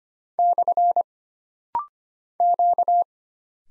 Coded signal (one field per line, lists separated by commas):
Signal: Morse code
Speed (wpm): 25 wpm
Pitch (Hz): 700 Hz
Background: none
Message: / Q